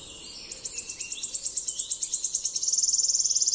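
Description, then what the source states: Wood Warbler song, very high spaced ticks quickening steadily into a rapid shimmering trill over a steady hiss. Wood warbler trilling while it danced on the branches in front of the recordist as it sang.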